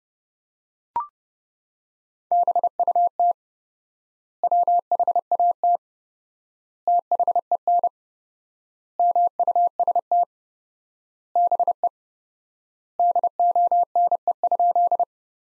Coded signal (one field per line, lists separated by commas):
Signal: Morse code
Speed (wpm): 31 wpm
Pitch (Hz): 700 Hz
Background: none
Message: BUT WHAT THEN MUST BE DONE?